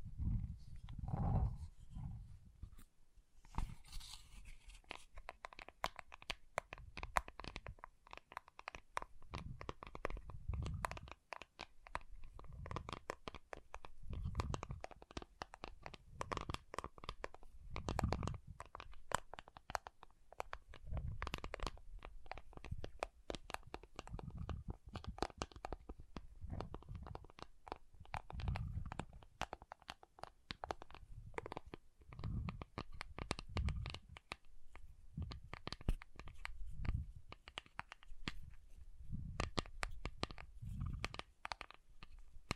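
Water beads are rubbed and squeezed in a steady, dense stream of small clicks, crackles and wet squishing. Soft low thumps pulse about every two to three seconds throughout, while the crisp ticking stays busy and fairly even from start to finish.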